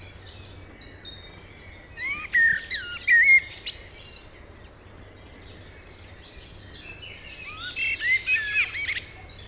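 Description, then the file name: Common blackbird giving two warbled song phrases with high twittering, against a low constant background hum. "Turdus merula"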